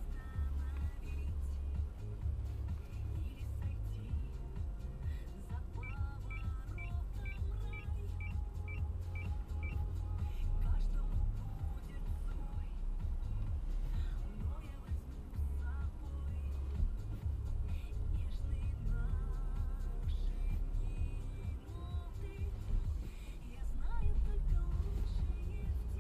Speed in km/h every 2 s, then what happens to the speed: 0, 0, 0, 0, 0, 2, 2, 1, 0, 0, 0, 0, 1.
0-26 standing.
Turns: none.